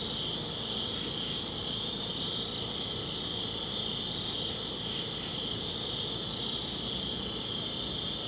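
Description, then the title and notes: High cricket trill continues without pause, broken by two pairs of sharper chirps about four seconds apart, with low rumble beneath. Crickets outdoors at a summit at dusk. "Ext. Summit Crickets, Dusk by Bandeto"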